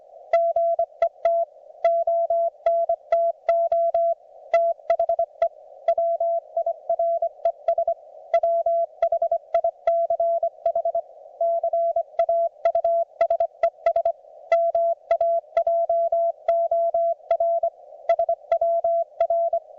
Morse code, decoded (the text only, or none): GET ONTO THE WIRES WHICH CAUSES MAJOR SWR